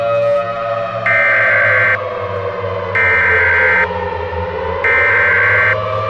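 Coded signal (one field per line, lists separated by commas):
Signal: Emergency Alert System (SAME) tones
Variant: header bursts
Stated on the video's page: Simulated EAS scenario, a remastered mock.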